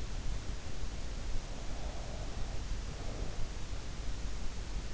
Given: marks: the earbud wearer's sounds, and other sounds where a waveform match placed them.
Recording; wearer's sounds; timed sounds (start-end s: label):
sounds in sleep by an in-ear microphone; breath
1.40-3.55 s: breath